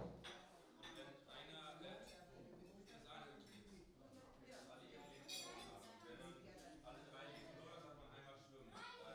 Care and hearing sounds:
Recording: everyday scene through a hearing-aid microphone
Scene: many people talking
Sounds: many voices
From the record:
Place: parish hall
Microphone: in the ear canal, right

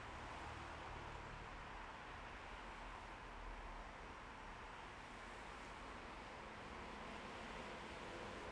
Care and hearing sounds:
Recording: everyday scene through a hearing-aid microphone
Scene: in traffic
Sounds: traffic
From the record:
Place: bus stop on a city main road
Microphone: behind the ear, left, rear

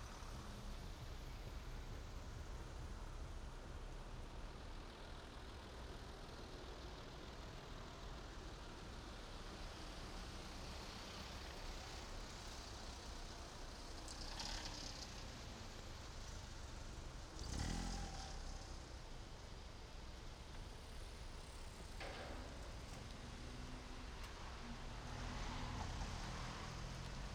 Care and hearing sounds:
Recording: everyday scene through a hearing-aid microphone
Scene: in traffic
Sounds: traffic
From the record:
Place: main road on the outskirts, rush hour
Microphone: in the ear canal, right

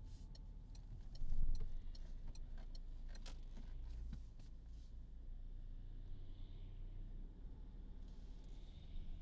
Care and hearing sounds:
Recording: everyday scene through a hearing-aid microphone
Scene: in a vehicle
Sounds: engine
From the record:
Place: Berlingo II, diesel engine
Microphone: in the ear canal, right

